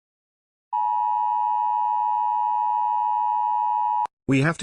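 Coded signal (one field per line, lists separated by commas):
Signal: Emergency Alert System (SAME) tones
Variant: 853 and 960 Hz attention tone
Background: speech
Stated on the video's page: Fictional BBC-style emergency alert scenario about an asteroid impact; simulated, not real.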